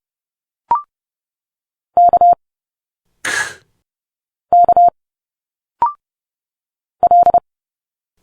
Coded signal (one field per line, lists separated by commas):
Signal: Morse code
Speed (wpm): 30 wpm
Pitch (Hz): 700 Hz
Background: none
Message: K K L